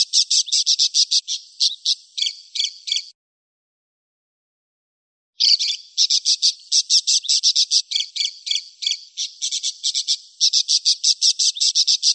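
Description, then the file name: Parakeet chatter: rapid trains of high, buzzy pulses, a pause of about two seconds, then the quick scratchy pulsing resumes and runs to the end. "suara burung parkit. omkicau"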